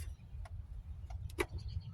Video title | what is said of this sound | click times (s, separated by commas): Buick ECM stuff: Removal and MEM-CAL things | Well, that one didn't click very well. | 1.4 s